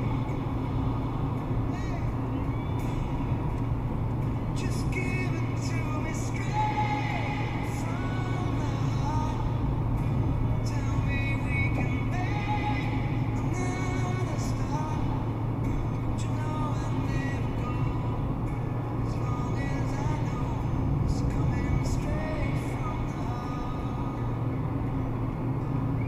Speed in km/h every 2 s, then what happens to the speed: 122, 121, 122, 120, 119, 119, 119, 119, 122, 124, 125, 123, 124.
0-26 steady at about 122.